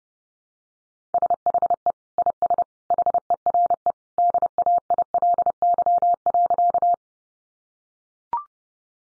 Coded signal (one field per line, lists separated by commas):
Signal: Morse code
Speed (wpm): 30 wpm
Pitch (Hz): 700 Hz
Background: none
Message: SHE IS HERE DAILY.